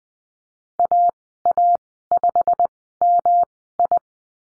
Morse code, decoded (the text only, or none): AA5MI